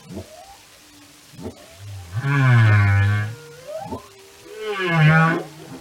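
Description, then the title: Whale song: low rumbling moans in the middle and near the end, broken by rising and falling tonal sweeps and harsher, harmonic-rich cries. Whale songs and communication. "Whale Behavior"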